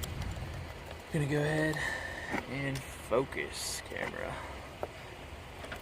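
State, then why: Seated. A new plastic evap purge valve for a 2007 Toyota Camry is pushed onto its mounting bracket in the engine bay while someone talks. A sharp snap at 4.8 s marks the valve seating on the mount.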